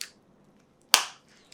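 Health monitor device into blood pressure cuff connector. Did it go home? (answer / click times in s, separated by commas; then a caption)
yes / 0.9 s. A 6-in-1 health monitor is pushed into the plastic connector on a blood pressure cuff and clicks into place at 0.9 s with a sharp, bright snap. It is properly seated. Fainter ticks come at the start and near the end, and no one talks.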